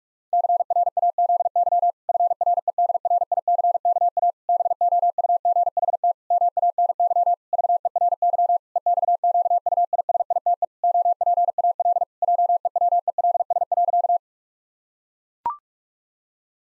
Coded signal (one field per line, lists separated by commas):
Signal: Morse code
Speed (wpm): 44 wpm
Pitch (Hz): 700 Hz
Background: none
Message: CRAZY FREDRICKA BOUGHT MANY VERY EXQUISITE OPAL JEWELS.